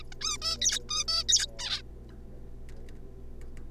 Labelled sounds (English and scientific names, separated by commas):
Zebra Finch (Taeniopygia guttata)